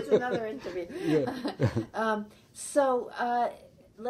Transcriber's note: both laugh